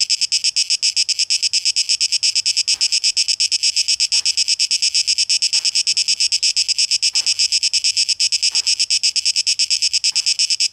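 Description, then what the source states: Cicada buzzing in a dense, rapidly pulsing high-pitched drone that throbs steadily throughout, with a few faint low clicks underneath. Cicadas recorded on 12 August 2023; tape echo mix.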